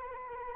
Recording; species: mosquito wingbeat signal from an infrared sensor; Anopheles arabiensis